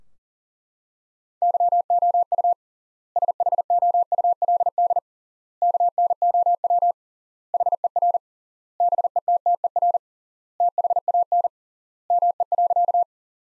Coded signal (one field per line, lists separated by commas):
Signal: Morse code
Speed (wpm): 42 wpm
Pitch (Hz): 700 Hz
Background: none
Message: YOU SHOULD KNOW HER BETTER THAN ME.